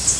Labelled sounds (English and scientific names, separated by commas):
Cerulean Warbler (Setophaga cerulea) flight call